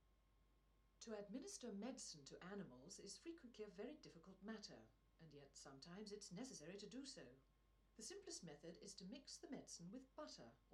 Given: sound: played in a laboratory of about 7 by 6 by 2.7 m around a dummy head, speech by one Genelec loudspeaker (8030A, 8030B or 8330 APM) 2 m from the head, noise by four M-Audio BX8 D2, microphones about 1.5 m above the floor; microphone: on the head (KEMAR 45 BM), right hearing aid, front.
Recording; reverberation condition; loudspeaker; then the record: female speech in English; low; 150 degrees to the right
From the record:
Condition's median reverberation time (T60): about 310 ms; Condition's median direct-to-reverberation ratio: about 3.5 dB